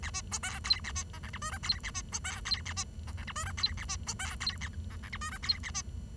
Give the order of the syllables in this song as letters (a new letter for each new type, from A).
A B C D E A B F G H I J E A B C D E A B F G H I J E A B C D E A F G H I J E A B